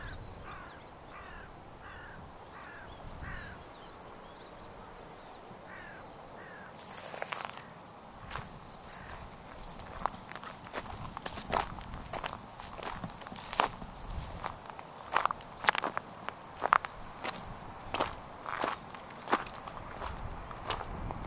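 A morning walk by a river, pushing through grass. The first half is quieter, with a low steady murmur and a few repeated bird chirps, then from about seven seconds brushing, rustling footsteps become frequent, sharp and irregular, continuing to the end.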